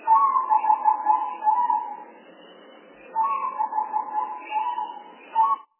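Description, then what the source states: Spotted dove giving two long, rolling coos separated by a gap of about a second, ending with a short clipped note. Lure call for spotted doves, from a compilation of spotted dove sounds.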